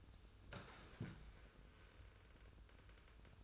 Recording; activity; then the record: daily activity, microphone in the room; sit down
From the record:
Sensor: 2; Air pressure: 994.3 hPa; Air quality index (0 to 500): 202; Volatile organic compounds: 1000 ppm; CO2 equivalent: 6654 ppm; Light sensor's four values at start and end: 100/235/101/103 and 85/202/84/85